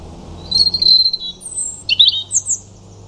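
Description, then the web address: European robin song: brief high, thin whistled phrases, a sustained sweet note then quick jumbled notes, with a low background rumble. "cianscape birddata Deverinetal 2025 Bird Only Er Ru"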